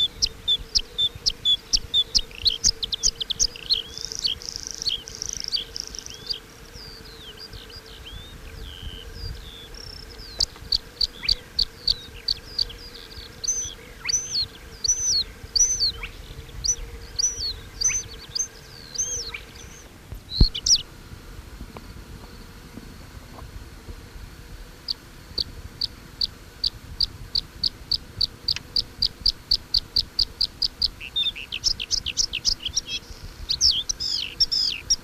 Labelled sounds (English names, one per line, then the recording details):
Bluethroat song
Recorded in the wild
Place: Sandeck, AT
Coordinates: 47.7364, 16.7706
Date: 1964-05-18 19:45
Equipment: Uher Report 4000, AKG D190
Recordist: Krey, Winfried